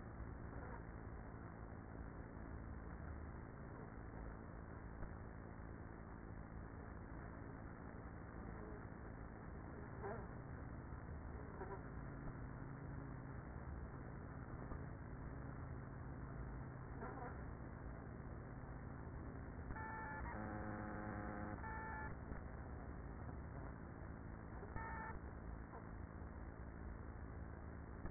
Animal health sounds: honeybee colony, microphone inside the hive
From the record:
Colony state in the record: queenless with a low population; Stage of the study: after two queens were removed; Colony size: about 30,000 bees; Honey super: no

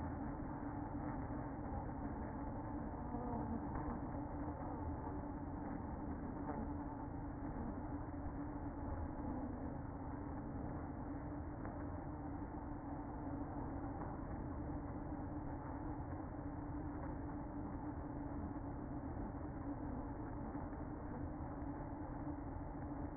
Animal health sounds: honeybee colony, microphone inside the hive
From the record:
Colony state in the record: queen present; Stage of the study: after two queens were removed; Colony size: about 60,000 bees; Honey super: yes

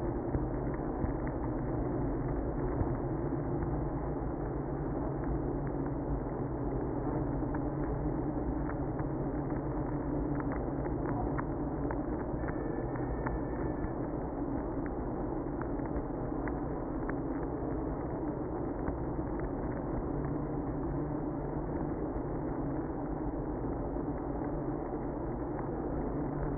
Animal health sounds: honeybee colony, microphone inside the hive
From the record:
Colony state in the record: queenless (queen removed); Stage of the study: after two queens were removed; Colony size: about 60,000 bees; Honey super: yes

